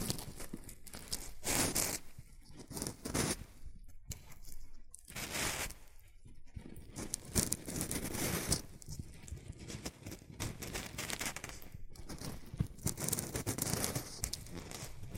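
Shredded tissue and packing peanuts rustle and crinkle in dense, irregular bursts with brief pauses, bright crackly scrapes recurring every second or two.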